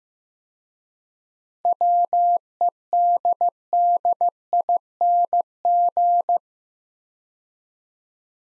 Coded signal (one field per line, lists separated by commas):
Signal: Morse code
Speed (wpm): 15 wpm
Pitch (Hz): 700 Hz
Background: none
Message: WEDDING